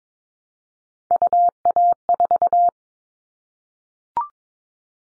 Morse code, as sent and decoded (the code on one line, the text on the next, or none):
..- .- ....-
UA4